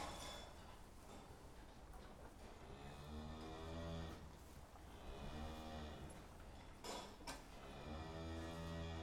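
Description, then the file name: Cow mooing: a few long, low, drawn-out moos that swell and fade, with clinking metallic clatter in the background. "vaches"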